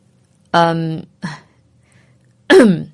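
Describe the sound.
A secretary gives a light, fake cough, a voiced throat-clearing 'ahem' made of two quick bursts, a brief pause, then one more falling burst.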